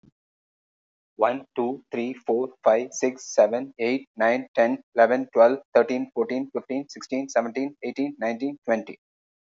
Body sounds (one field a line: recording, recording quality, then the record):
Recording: counting at a fast pace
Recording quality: excellent, no background noise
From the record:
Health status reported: respiratory illness, not identified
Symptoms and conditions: asthma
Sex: male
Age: 55 years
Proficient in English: yes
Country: India